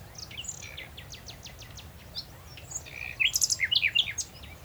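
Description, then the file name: Common nightingale song: a series of evenly spaced dry notes, then a loud burst of high rapid repeated whistles and chirps, with low background hum. "Luscinia megarhynchos"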